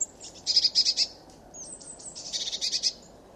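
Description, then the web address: Eurasian blue tit churring calls: a buzzy stuttering burst near half a second and a longer pulsed one after two seconds, linked by faint high thin notes. "cianscape birddata Deverinetal 2025 Bird Only Cy Ca"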